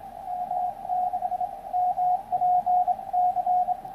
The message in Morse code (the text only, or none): M6MPC